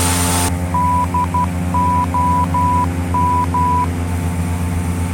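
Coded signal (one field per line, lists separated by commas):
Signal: Morse code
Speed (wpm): 12 wpm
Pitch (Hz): 990 Hz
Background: none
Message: DOM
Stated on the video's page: NDB and VOR Morse idents in Flight Simulator X.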